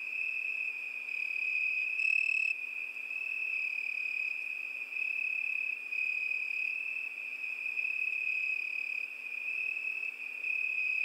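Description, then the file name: Crickets trilling continuously: an unbroken high-pitched ringing drone with a brief louder burst early on. Crickets at night. "Zvuki prirody - Noch sverchki"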